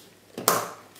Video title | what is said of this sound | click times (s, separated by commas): How to build $1500 ultimate gaming PC 2015 - 2016 - India - intel i7 4790K - GTX 970 - | there will be a click sound means Ram is installed properly | 0.5 s